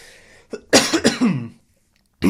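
A short cough, then a run of rough, voiced throat-clearing bursts from an adult man with a scratchy, irritated throat.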